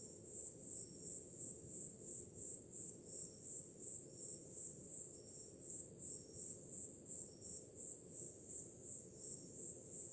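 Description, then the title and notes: Crickets chirp in steady, high regular pulses, nearly three a second throughout, over a continuous low surf rumble. Summer night, with ocean sound in the background. "Grilos, cigarras e oceano - Crickets, cicadas and waves. Som do mar ao fundo, grilos e cigarras em uma noite de verão – Ocean, crickets and cicadas in a summer night"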